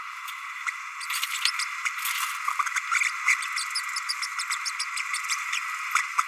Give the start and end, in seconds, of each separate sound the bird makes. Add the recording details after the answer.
1.45-1.51, 1.61-1.65, 2.75-2.79, 3.56-3.65, 4.65-4.71, 5.14-5.18, 5.29-5.35. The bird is a male. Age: 30 days. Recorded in a nest box in Venezuela. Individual 17B32A6